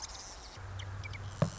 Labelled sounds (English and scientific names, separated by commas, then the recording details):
Marsh Wren (Cistothorus palustris)
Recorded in Sonoma County, California